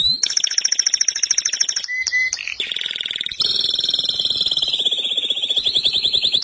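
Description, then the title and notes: Canary song: loud, metallic rolling trills of rapid pulses held for seconds at a time, shifting pitch between phrases, with brief breaks and sharper buzzy notes. Labelled BM canary song. "BM Suara Kenari. BM Suara Burung Kenari"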